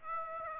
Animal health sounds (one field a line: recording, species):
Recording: mosquito wingbeat signal from an infrared sensor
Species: Aedes aegypti